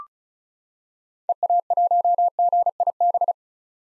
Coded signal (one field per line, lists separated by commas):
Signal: Morse code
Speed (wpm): 36 wpm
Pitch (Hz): 700 Hz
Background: none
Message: EA1GIB